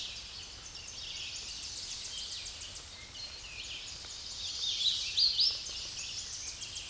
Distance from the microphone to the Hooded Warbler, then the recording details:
about 25 m. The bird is about 5 m above the microphone. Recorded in a Pennsylvania forest on 16 May 2024 at 08:17. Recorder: AudioMoth, point MSD-2110. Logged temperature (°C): 16.4 °C. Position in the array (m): 55 m, 173 m